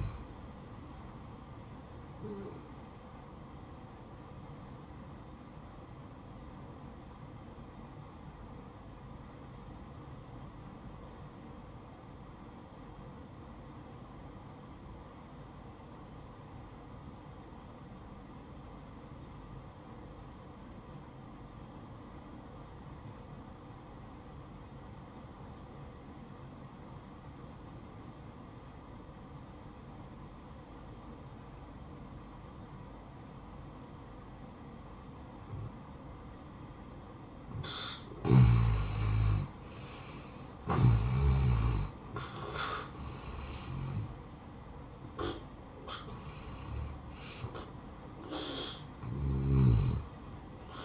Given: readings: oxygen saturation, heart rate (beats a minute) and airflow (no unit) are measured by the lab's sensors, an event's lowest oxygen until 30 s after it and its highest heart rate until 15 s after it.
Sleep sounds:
breathing in sleep by a smartphone at the bedside; 1
6.00-39.90 s: obstructive apnea (N2, oxygen 94% highest, then 84% lowest, heart rate 61 at the start, 73 highest)
8.00-50.85 s: new sleep stage, N1 (lightest sleep)
From the record:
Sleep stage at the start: N2 (light sleep); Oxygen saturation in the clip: 83 to 94%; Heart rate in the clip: 58 to 73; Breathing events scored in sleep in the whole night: 573 in 9.8 hours asleep

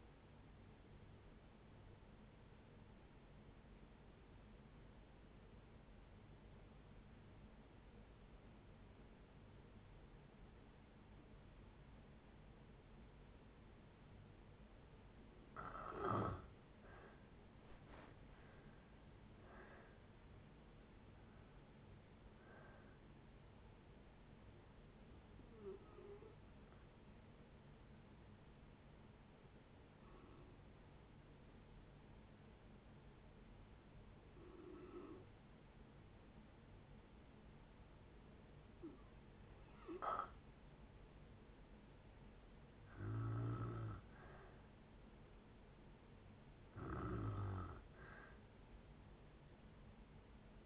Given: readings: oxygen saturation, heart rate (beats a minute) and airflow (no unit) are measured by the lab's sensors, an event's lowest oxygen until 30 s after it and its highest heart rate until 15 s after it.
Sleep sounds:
breathing in sleep by a voice recorder at the bedside; 2
4.00-15.00 s: obstructive apnea (N2, oxygen 95% highest, then 84% lowest, heart rate 58 at the start, 73 highest)
16.00-46.00 s: new sleep stage, N1 (lightest sleep)
32.00-45.80 s: hypopnea (N1, oxygen 95% highest, then 90% lowest, heart rate 58 at the start, 66 highest)
46.00-50.66 s: new sleep stage, N2 (light sleep)
From the record:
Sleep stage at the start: N2 (light sleep); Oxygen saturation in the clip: 84 to 95%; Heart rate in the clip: 56 to 73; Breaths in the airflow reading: 10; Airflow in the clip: -7.8 to 10.7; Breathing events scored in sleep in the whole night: 496 in 5.4 hours asleep

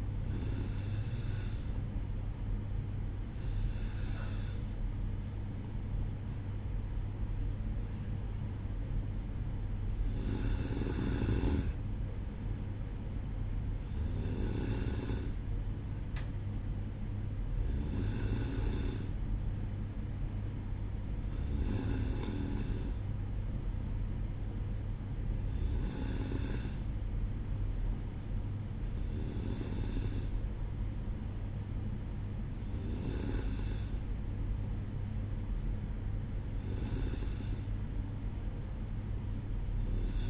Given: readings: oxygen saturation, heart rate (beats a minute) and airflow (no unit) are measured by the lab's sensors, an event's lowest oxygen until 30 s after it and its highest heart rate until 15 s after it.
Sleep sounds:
breathing in sleep by a smartphone at the bedside; none
none scored
From the record:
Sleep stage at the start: N2 (light sleep); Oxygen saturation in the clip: 93 to 94%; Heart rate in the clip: 59 to 65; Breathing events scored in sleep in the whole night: 305 in 9.6 hours asleep

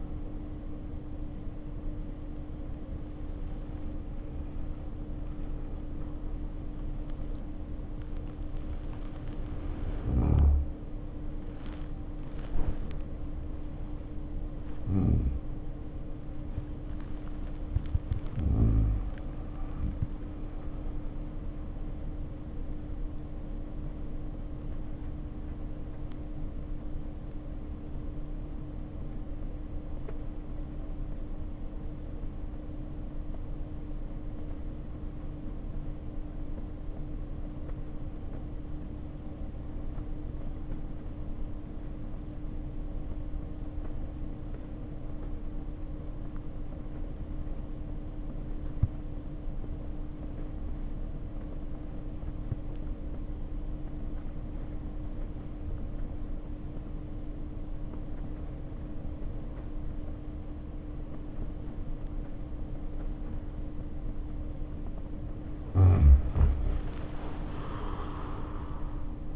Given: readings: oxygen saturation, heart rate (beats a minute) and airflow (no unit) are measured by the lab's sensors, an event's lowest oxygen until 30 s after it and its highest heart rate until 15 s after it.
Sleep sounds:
breathing in sleep by a smartphone at the bedside; 1
9.00-65.30 s: obstructive apnea (N1, oxygen 94% highest, then 71% lowest, heart rate 60 at the start, 84 highest)
20.00-69.36 s: new sleep stage, REM sleep
From the record:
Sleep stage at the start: N1 (lightest sleep); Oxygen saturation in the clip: 68 to 94%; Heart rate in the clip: 52 to 81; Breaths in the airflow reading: 4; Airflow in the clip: -2.0 to 1.5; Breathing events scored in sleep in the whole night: 520 in 7.2 hours asleep

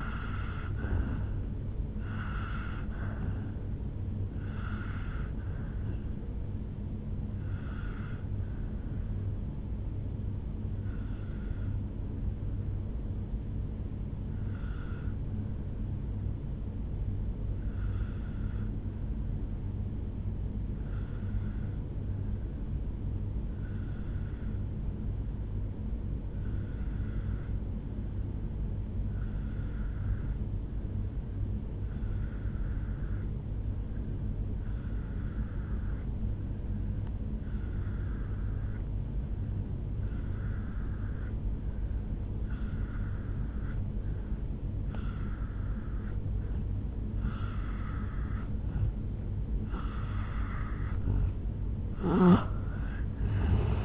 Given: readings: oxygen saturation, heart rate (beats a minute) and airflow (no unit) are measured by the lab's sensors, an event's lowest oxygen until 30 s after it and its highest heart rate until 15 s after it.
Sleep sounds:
breathing in sleep by a smartphone at the bedside; 1
10.00-49.60 s: obstructive apnea (N1, oxygen 98% highest, then 85% lowest, heart rate 59 at the start, 76 highest)
21.00-51.00 s: new sleep stage, N2 (light sleep)
51.00-53.85 s: new sleep stage, N1 (lightest sleep)
From the record:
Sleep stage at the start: N1 (lightest sleep); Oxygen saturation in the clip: 86 to 98%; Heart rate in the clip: 57 to 76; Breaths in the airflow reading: 5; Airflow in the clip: -6.4 to 4.6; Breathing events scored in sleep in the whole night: 449 in 7.0 hours asleep

